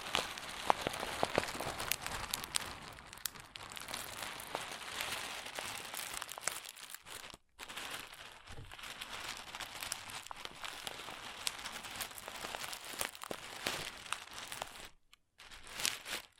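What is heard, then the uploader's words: Crunchy slime being squeezed makes dense, bright crackling and crinkling pops throughout, with brief silent gaps near seven and fifteen seconds. ASMR Satisfying Crunchy Slime (No Talking).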